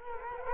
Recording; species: mosquito wingbeat signal from an infrared sensor; Culex quinquefasciatus